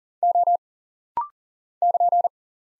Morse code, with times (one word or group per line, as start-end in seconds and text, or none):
0.2-0.6 O
1.8-2.3 <KN>